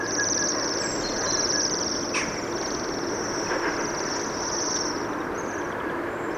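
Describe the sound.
Bohemian waxwing calls: a nearly continuous high, sibilant trill lasting most of the time, over constant low background noise.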